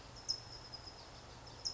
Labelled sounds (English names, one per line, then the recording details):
California Towhee
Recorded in Sonoma County, California